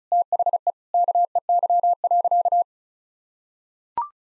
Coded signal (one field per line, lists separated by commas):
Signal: Morse code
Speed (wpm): 34 wpm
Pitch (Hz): 700 Hz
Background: none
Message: THE KEY.